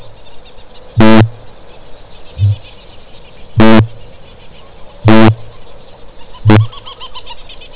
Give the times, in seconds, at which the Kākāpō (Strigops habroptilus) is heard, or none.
0.00-6.79